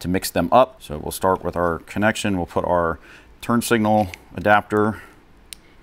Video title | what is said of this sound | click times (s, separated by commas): Morimoto XB LED Headlight Install in Toyota Tundra - Trail Grid Pro | in place and you want to push these until you hear a nice click and we're just going to go around and match them all up one | 5.5 s